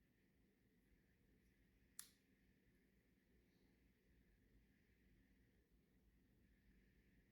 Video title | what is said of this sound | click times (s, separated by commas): Desert Eagle functions check | You may have to guide your trigger forward until you hear a click. The click indicates that the trigger has properly reset. | 2.0 s